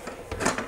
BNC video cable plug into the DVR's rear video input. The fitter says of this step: that all locks in place so normally of course this would then go